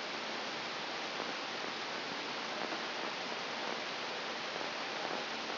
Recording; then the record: brain microelectrode recording played as sound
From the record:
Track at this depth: inside the subthalamic nucleus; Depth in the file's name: 0.955 mm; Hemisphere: right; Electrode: 3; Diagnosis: Parkinson's disease